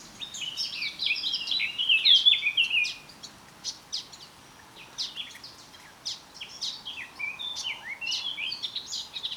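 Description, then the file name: Eurasian blackcap song, a hurried high twittering warble loudest early on, then looser scattered chirps and short phrases. "Sylvia atricapilla"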